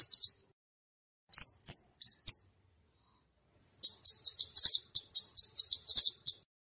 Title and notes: Kicau Untuk Pancing Burung Kemade ( Cabe Cabean). Suara Burung Cabe Cabean Pikat